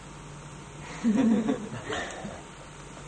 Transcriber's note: laughter